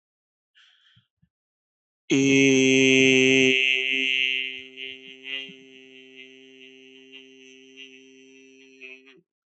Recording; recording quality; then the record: sustained vowel as in made; excellent, no background noise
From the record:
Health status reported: healthy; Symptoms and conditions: hypertension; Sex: male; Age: 37 years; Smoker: yes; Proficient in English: yes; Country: India